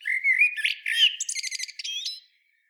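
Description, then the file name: Common blackbird song: a rich fluted phrase that breaks into a fast, high, scratchy twitter. "Turdus merula"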